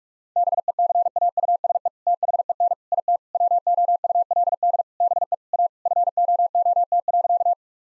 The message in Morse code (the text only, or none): BECAUSE THEN IT WOULD BE A FOOT.